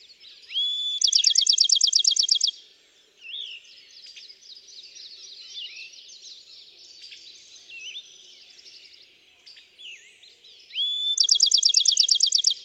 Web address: songs Bachman's Sparrow